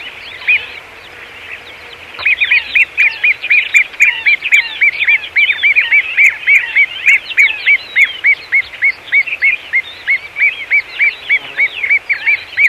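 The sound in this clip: Great gerbil calls in a dense chorus, many arched whistled squeaks overlapping rapidly after a quiet start, with one caller's rhythm standing out near the end.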